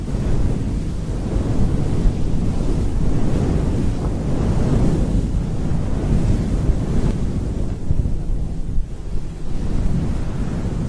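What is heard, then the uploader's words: Steady, dense wind noise fills the clip, deep and rumbling with gentle surges and a slight easing near the eighth second. Simulate white noise, comfortable wind sound.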